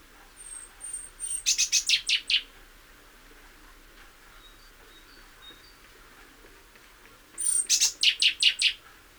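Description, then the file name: Great tit calls: two bursts of rapid, scratchy chattering notes, about six to eight each, several seconds apart, preceded by high thin whistled notes; faint soft chips between. "Parus major"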